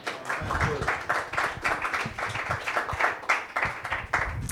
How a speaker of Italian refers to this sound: Io direi che ci vuole anche solo un applauso per l'impegno